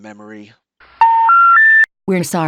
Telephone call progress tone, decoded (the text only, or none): special information tone